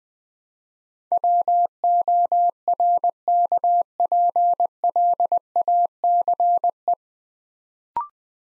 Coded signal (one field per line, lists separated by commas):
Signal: Morse code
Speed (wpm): 20 wpm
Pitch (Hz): 700 Hz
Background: none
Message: WORKPLACE